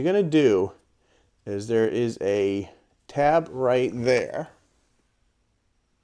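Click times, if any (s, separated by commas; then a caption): none. A plastic tab on the leg of a Kingdom Tigatron Transformers Voyager action figure (WFC-K35) is lined up with its slot before being pushed home, while someone talks in three short bursts separated by near-silence. No clicks are heard, and the tab has not seated or clicked yet.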